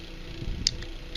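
The plastic slider of a GM Tahoe's rear wiper switch is pushed back into the switch housing and snaps into place with a sharp click at 0.7 s, followed by two fainter ticks at 0.8 s and 1.2 s over a low steady hum. The slider is seated.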